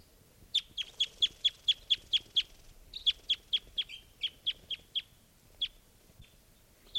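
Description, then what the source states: Crossbill giving sharp, high call notes in quick runs of several, then sparser single notes toward the end. Female, by the net.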